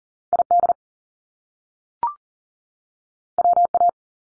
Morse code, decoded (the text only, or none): ID WA